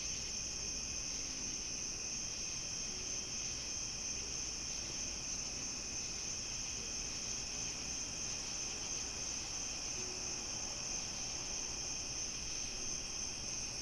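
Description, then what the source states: Steady cricket chorus of overlapping shrill trills continuing unchanged, with a quiet low rumble underneath. Summer night; binaural.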